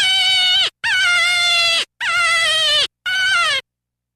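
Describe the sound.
Deer uttering four loud, nasal bleats close together, with a wavering tone, some with a falling tail, then silence.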